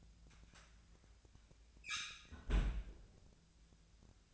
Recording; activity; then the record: daily activity, microphone in the room; close fridge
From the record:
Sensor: 2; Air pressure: 1009.6 hPa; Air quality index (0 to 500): 182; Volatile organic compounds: 11 ppm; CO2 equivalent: 2269 ppm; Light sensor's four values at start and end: 27/65/28/31 and 27/65/28/31